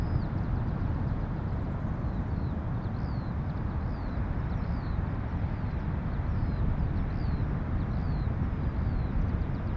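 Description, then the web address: Eurasian skylark giving spaced, high slurred chirps throughout, faint above a thick, unbroken rumble of surf. More than one skylark, north of Bude, Cornwall, with distant thundering surf. "skylarks and distant thundering surf north of bude cornwall"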